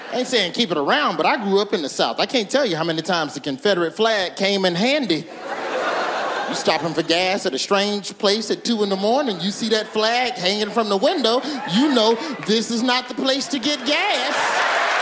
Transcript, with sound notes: I ain't saying keep it around, but I grew up in the South. I can't tell you how many times the Confederate flag came in handy.
(LAUGHTER)
You're stopping for gas at a strange place at 2 in the morning. You see that flag hanging from the window. You know this is not the place to get gas.